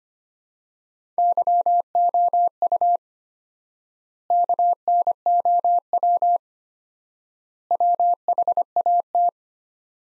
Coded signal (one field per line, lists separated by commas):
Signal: Morse code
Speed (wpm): 25 wpm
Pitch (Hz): 700 Hz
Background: none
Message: YOU KNOW WHAT